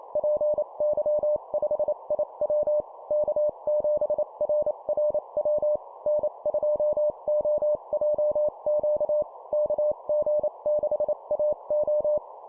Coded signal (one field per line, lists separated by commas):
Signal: Morse code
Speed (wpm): 28 wpm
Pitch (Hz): 600 Hz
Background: none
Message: PY5IW K7RRW N2OJQ KG6AO